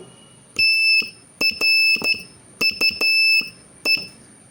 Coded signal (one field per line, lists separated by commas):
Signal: Morse code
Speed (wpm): 12 wpm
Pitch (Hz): 2650 Hz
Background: none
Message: TRUE